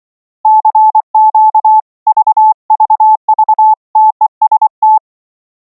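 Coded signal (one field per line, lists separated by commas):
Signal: Morse code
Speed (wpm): 24 wpm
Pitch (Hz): 870 Hz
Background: none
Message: CQ VVV TEST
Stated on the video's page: Software iambic and straight-key CW keyer on Linux, keyed by touching brass-sphere paddles and a copper plate wired to USB sound card inputs.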